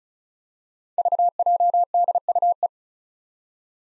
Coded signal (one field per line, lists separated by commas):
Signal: Morse code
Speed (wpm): 36 wpm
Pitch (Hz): 700 Hz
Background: none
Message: VJDUE